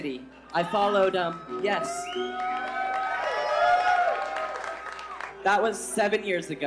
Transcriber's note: cheering